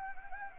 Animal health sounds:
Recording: mosquito wingbeat signal from an infrared sensor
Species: Anopheles gambiae

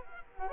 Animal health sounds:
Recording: mosquito wingbeat signal from an infrared sensor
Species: Culex quinquefasciatus

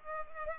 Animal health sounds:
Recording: mosquito wingbeat signal from an infrared sensor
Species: Culex pipiens

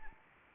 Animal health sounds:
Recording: mosquito wingbeat signal from an infrared sensor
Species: Anopheles arabiensis

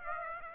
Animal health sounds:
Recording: mosquito wingbeat signal from an infrared sensor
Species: Aedes aegypti

